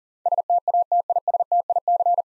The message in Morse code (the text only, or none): STATISTIC